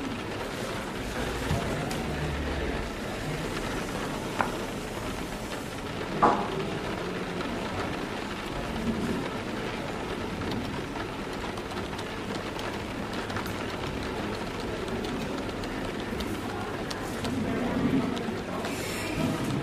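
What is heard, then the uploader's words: Steady rain patters beneath a continuous murmur of quiet chatter from people at their tables. The wash of sound holds even throughout, with a low rumble underneath. A few brief clinks stand out, near six seconds and again near eighteen. Rainy Day Coffee Shop Ambience | Rain Sounds & Cafe Atmosphere. Rain patters on the window, people chatter quietly at their tables, and cups filled with warm coffee clink behind the bar.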